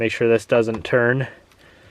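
A replacement clock spring for a 1994-2002 Dodge Ram is handled on the steering column while someone talks. After the talking stops, the clip ends in low, quiet background noise with only a faint tick near 1.5 seconds. The clock spring has not yet clicked into place on the column.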